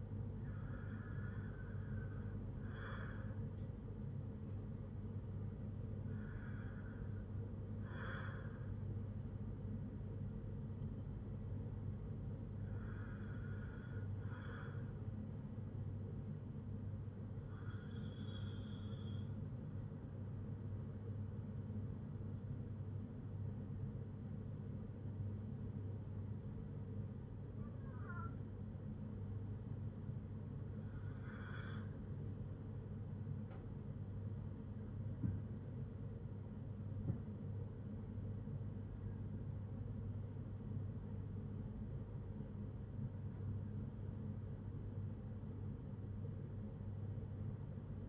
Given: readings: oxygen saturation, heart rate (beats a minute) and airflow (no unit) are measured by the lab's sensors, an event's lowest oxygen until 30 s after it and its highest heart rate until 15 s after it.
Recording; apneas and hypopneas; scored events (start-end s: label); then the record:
breathing in sleep by a smartphone at the bedside; 1
7.00-37.00 s: new sleep stage, REM sleep
10.00-36.00 s: hypopnea (REM, oxygen 96% highest, then 95% lowest, heart rate 63 at the start, 74 highest)
37.00-48.09 s: new sleep stage, N1 (lightest sleep)
From the record:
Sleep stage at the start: N1 (lightest sleep); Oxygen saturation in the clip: 88 to 97%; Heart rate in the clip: 60 to 74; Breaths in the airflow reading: 10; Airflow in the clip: -5.0 to 6.2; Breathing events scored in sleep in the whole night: 182 in 7.4 hours asleep